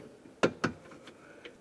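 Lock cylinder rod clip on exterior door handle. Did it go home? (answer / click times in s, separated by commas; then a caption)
yes / 0.4 s, 0.6 s. On the exterior door handle of a 2004-2009 Dodge Durango, the lock cylinder rod is inserted into the plastic retaining clip and the clip is pressed down onto the metal rod. Two sharp snaps ring out at 0.4 s and 0.6 s, followed by fainter ticks near 1.1 s and 1.5 s. The retaining clip snaps on and is seated on the rod.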